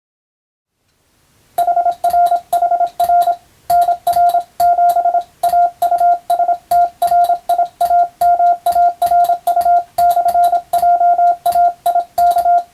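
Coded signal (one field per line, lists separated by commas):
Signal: Morse code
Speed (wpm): 27 wpm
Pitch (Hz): 700 Hz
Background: none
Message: HRHR NR7 AUSTRIAMARU/JAIK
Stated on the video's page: Morse code practice sending European-language telegram text with a telegraph key, from a radiotelegraph practice book.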